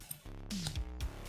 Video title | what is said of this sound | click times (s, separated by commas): THE ROOK -Mostly Printed Printer Build Part 2 #3dprinting #livestream | okay one side locked into place | 0.1 s